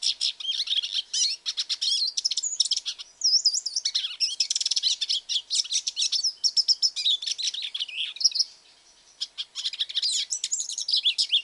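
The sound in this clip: Hooded siskin singing a long, rapid twittering medley of high buzzes and slurred notes, with one brief silence around eight and a half seconds.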